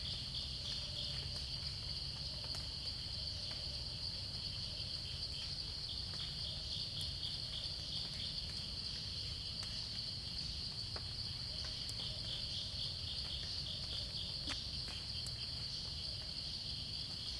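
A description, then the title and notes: Early morning forest with a dense, unbroken wall of insects, bright trilling bands holding steady throughout. A low, soft rumble sits underneath, and brief faint clicks and chirps pop up now and then, around 11, 12 and 14–15 seconds. Thai forest at 7.00am. Early morning forest sounds with insects and birds, Chiang Mai, Thailand. Recorded by Alex Boyesen.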